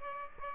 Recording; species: mosquito wingbeat signal from an infrared sensor; Aedes aegypti